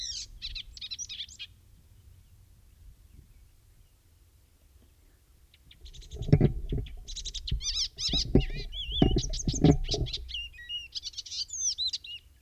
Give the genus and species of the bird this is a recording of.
Hippolais icterina